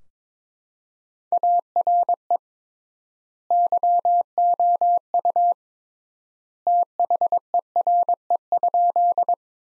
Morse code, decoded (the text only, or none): ARE YOU THERE?